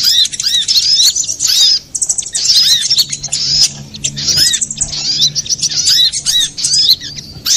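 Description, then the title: Little spiderhunter song: dense, very high twittering in bursts, rapid chirps with curved notes, separated by brief gaps. Master recording for training cage birds. "Masteran Burung Sogok Ontong Labaik"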